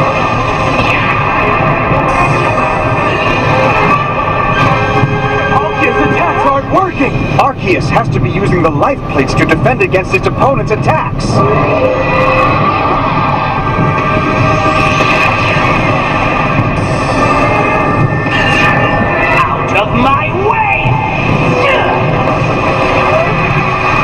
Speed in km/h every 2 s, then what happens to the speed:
113, 113, 113, 113, 113, 113, 113, 112, 112, 113, 113, 113.
0-24 steady at about 113.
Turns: none.